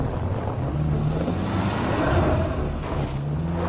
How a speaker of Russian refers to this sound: Садится в машину. Машина уезжает.